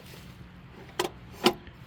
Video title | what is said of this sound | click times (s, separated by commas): The best portable fire pit for camping! The new Ignik Firecan & Gas Growler #overland #campfire | and then it just locks into place just like that | 1.0 s, 1.5 s